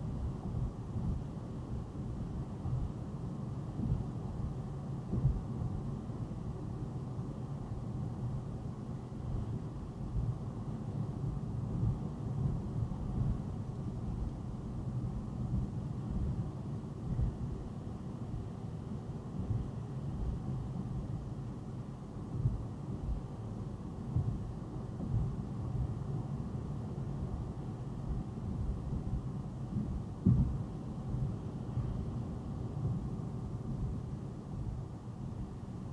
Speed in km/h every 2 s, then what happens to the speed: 89, 90, 90, 90, 87, 85, 85, 82, 82, 84, 85, 87, 89, 89, 85, 82, 81, 79.
0-6 steady at about 90. 6-14 slows to 82. 14-26 steady at about 85. 26-36 slows to 79.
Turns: none.